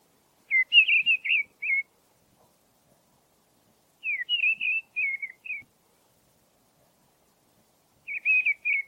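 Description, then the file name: Mistle thrush sings brief warbling, fluty phrases of four or five whistled notes, separated by pauses of about two to three seconds, against a quiet background. "grive-draine-timo s"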